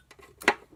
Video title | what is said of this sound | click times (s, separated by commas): #KDO Noël 🎄 | ça s'enclenche. | 0.4 s, 0.5 s